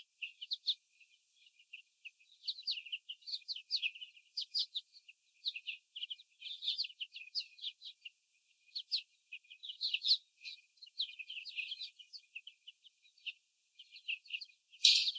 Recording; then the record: young laying hens in a cage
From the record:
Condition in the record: after the stressor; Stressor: sudden umbrella opening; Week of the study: 3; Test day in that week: 2